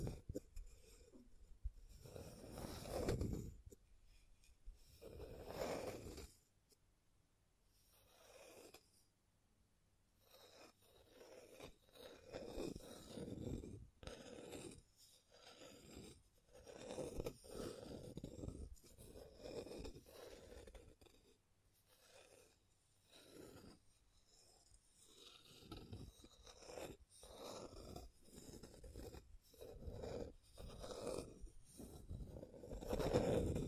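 Scratching and tracing sounds come in irregular strokes, each a rough, hissing scrape that swells and fades over a second or two. The strongest strokes land near the start, around 2–3 and 6 seconds, then steadier, busier scratching runs from about 12 seconds to the end.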